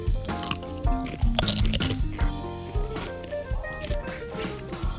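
Crisp crunching bites into a yellow tortilla chip, a few sharp bursts early on, heard over steady tonal background music that continues after the chewing fades.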